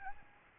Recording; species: mosquito wingbeat signal from an infrared sensor; Aedes albopictus